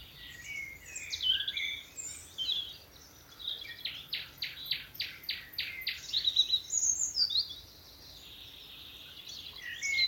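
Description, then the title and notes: Common nightingale singing varied phrases, including a run of loud evenly spaced pulsed notes, followed by high sweeping whistles and chattering. Nightingales singing from thickets in the evening as dew falls, at a nature reserve in Dorset, England. "Sound Escape 11: the glorious song of nightingales from a Dorset wood. it's evening at Alners Gorse, a nature reserve in Dorset run by Butterfly Conservation . As the dew falls, the extraordinary song of nightingales rises from the thickets"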